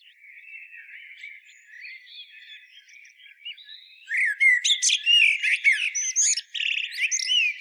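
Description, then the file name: Common blackbird song, a soft low fluty warble for about four seconds, then louder squeaky twittering phrases with high scratchy notes. "Turdus merula"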